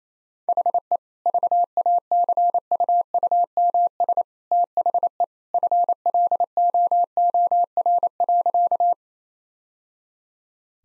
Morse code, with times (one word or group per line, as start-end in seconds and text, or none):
0.5-1.0 HE
1.3-4.2 VACUUMS
4.5-5.2 THE
5.5-8.9 FLOOR.